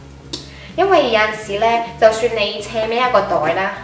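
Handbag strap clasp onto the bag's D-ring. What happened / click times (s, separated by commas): The strap clasp clipped onto its ring / 0.3 s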